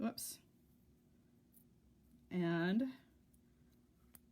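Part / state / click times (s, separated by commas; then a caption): glass bicone bead into a gap in beaded right angle weave / seated / 4.2 s. A 4 mm crystal (glass) bicone bead, strung with a needle, is pushed into the gap between two beads in a right angle weave earring while someone talks. Quiet handling follows, then a small, sharp snap at 4.2 s as the bead pops into place and seats.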